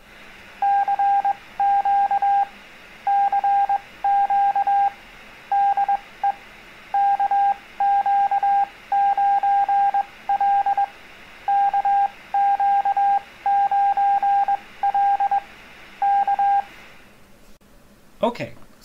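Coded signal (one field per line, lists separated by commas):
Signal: Morse code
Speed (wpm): 21 wpm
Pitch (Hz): 800 Hz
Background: speech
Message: CQ CQ DE KQ9L KQ9L K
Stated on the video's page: Beginner CW lesson on answering a CQ call.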